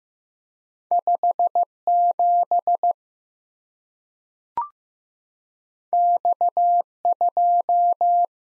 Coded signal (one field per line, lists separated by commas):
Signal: Morse code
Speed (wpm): 15 wpm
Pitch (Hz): 700 Hz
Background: none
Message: 57 X2